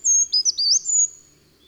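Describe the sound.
Bird song: a rapid phrase of piercing high whistles, with sharp upward and downward slurs running into a long thin sustained note.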